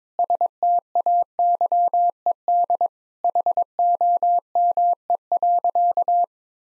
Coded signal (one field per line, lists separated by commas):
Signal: Morse code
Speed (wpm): 22 wpm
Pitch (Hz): 700 Hz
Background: none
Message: STAYED HOME.